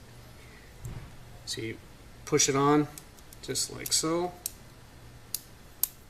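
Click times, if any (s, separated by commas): none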